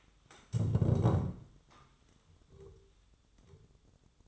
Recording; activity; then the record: daily activity, microphone in the room; stand up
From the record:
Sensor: 3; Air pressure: 1005.1 hPa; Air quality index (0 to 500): 94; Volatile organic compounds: 3 ppm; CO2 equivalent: 1458 ppm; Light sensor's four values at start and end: 10/22/9/9 and 9/22/9/9